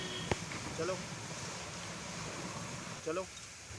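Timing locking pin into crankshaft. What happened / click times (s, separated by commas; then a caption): Handled, not yet home: the locking pin has not yet engaged / none. A timing locking pin is being fitted into the crankshaft of a 1.2 GT TSI engine in a VW Vento, with the screwdriver removed and the engine turned so the piston comes up and the pin can engage. A short sharp transient at 0.3 s stands out over steady background noise while someone talks. The pin is handled but not yet home, and nothing has seated or clicked yet.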